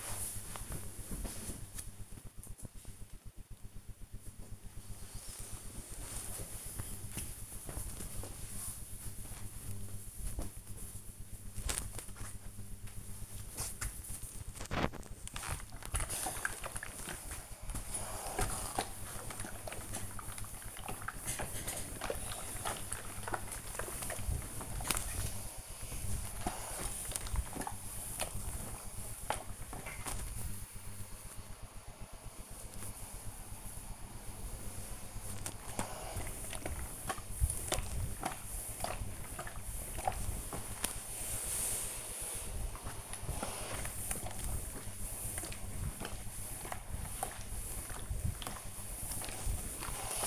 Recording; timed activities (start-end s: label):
household activities, microphone on the right wrist
3.44-50.27 s: ironing laundry